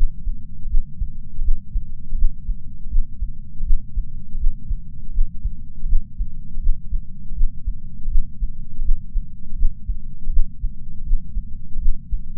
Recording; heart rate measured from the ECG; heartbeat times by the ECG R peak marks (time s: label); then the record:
heart sounds by patch sensor on the chest; 81 bpm
0.69 s: heartbeat
1.43 s: heartbeat
2.16 s: heartbeat
2.90 s: heartbeat
3.65 s: heartbeat
4.38 s: heartbeat
5.13 s: heartbeat
5.87 s: heartbeat
6.61 s: heartbeat
7.35 s: heartbeat
8.10 s: heartbeat
8.83 s: heartbeat
9.57 s: heartbeat
10.31 s: heartbeat
11.05 s: heartbeat
11.80 s: heartbeat
From the record:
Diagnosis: coronary artery disease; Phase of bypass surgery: postoperative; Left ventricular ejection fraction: 56.9%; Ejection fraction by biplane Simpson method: 47.5%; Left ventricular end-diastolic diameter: 47 mm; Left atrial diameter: 37 mm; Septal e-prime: 6 cm/s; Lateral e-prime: 7.9 cm/s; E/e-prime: 12.2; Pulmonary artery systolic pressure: 37 mmHg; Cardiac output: 5.2 L/min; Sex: female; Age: 68 years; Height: 161 cm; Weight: 66.6 kg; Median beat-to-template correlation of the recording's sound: 0.94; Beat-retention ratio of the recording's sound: 0.98